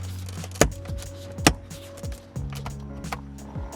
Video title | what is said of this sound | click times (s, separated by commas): Jeep Cherokee Interior LED Upgrade - 4th Gen - 2014 - 2020 | until everything locks into place now | 0.6 s, 1.5 s